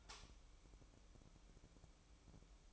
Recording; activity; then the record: daily activity, microphone in the room; light on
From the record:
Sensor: 1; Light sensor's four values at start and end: 11/25/10/11 and 15/44/17/19